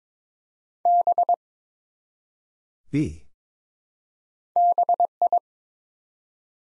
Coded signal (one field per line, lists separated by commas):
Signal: Morse code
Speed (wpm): 22 wpm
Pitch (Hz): 700 Hz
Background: none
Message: B BI